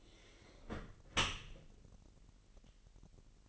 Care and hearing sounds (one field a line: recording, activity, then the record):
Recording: daily activity, microphone in the room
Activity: close dishwasher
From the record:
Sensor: 4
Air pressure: 1001.4 hPa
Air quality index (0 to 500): 250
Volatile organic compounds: 44 ppm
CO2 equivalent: 3208 ppm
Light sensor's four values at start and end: 8/18/7/6 and 8/17/7/6